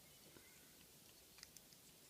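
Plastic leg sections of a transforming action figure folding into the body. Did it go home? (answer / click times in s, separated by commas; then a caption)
yes / 1.4 s, 1.6 s. The plastic leg sections of a Transformers Collectors Club Thrustinator action figure are folded round into the body during its transformation. Faint handling rustle leads into two short, sharp clicks at 1.4 s and 1.6 s as the legs seat into place.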